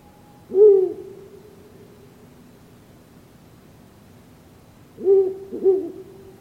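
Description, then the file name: Ural owl giving deep hoots: a single low hoot, a long pause of about four seconds, then a pair of hoots close together. "handkakk"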